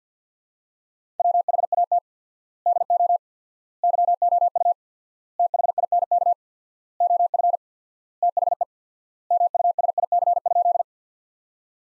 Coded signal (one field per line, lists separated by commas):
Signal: Morse code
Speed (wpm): 50 wpm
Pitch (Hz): 700 Hz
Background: none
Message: WHAT DO YOU THINK OF THE MUSIC?